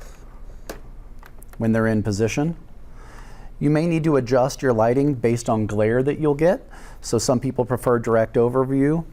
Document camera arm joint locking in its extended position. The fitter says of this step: folding up the camera, notice that they lock into place when they’re in position.